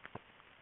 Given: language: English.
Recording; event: throat vibration sensor signal played as sound; swallow